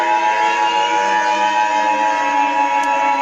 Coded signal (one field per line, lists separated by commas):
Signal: Emergency Alert System (SAME) tones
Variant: 853 and 960 Hz attention tone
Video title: EAS Scenario - Uranus Collision (April Fools Special)